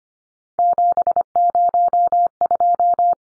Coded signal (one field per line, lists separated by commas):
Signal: Morse code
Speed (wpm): 25 wpm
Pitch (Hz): 700 Hz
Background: none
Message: 702